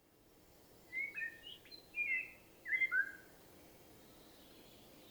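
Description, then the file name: Common blackbird song: a sequence of short fluty whistled notes in a few small bursts, followed by quiet background. "Turdus merula"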